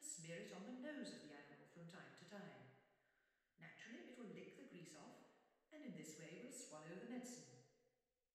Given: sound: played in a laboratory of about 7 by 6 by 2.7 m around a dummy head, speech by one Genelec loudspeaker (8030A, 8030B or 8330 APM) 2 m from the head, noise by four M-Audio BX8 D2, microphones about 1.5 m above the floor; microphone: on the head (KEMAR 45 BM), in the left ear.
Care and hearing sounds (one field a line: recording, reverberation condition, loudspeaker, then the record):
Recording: female speech in English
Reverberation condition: high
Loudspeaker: 150 degrees to the left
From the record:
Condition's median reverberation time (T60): about 1300 ms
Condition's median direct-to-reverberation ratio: about -4.0 dB